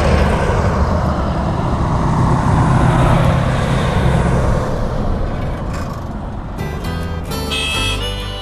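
A car passes by on a lonely road in the mountains of New Mexico, its engine and tire noise building into a broad, steady roar that peaks midway, then fades as it moves off, leaving a quieter hum with faint tonal sounds at the end.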